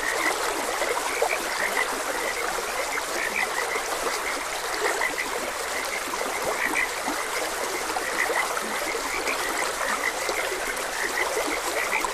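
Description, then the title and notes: Frogs give overlapping croaks throughout, while running water hisses underneath. Frogs croaking beside a gentle stream. "Gentle Stream and Frogs Croaking. Sleep and Relaxation Podcast"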